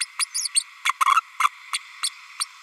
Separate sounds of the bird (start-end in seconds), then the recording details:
0.00-0.06, 0.19-0.25, 0.34-0.48, 0.54-0.64, 0.85-0.93, 1.14-1.21, 1.40-1.49, 1.73-1.78, 2.03-2.09, 2.40-2.45. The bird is a female. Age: 32 days. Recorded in a nest box in Venezuela. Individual 17B32A5